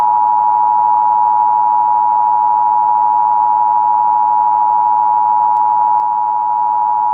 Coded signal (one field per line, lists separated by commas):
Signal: Emergency Alert System (SAME) tones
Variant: 853 and 960 Hz attention tone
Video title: 2023 National EAS Test